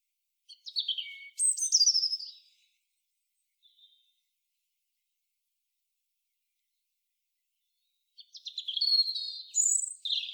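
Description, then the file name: European robin song heard twice. Each phrase is a short cascade of high, squeaky, tumbling notes, and a long quiet pause separates them. "Erithacus rubecula"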